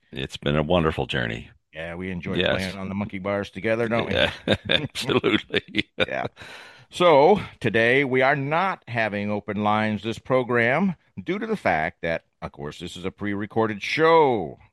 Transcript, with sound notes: It's been a wonderful journey.
Yeah, we enjoy playing-
Yes.
... on the monkey bars together, don't we?
Yeah.
(laughs)
Absolutely. (laughs)
Yeah. So, today we are not having open lines this program due to the fact that, of course, this is a pre-recorded show.